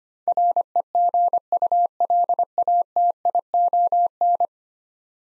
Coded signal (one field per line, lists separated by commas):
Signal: Morse code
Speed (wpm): 25 wpm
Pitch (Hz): 700 Hz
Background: none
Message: REGULATION